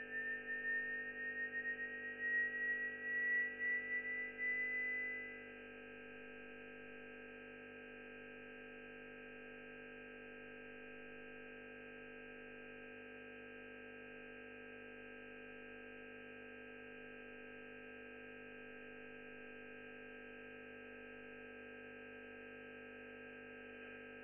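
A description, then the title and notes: A spacecraft is being vibrated on a large shaker in a test hall. For the first five seconds a high whining tone slowly rises in pitch and wavers in loudness. Then it drops away, leaving a steady, dense mechanical hum that holds unchanged to the end. ESA ESTEC Test Centre Sounds: Bepi Colombo MCS on QUAD shaker (Sine 0.5G). Here's a sound sample of the BepiColombo Mercury Composite Spacecraft (MCS) on the QUAD shaker in the Test Centre at ESA's European Space Research and Technology Centre (ESTEC) in Noordwijk, the Netherlands.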